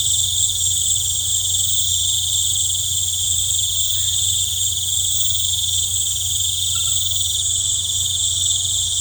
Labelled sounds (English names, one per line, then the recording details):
none
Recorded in pastures near Puerto Asís, Putumayo, Colombia, on 15 December 2024 at 19:00
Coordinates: 0.502, -76.324
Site G077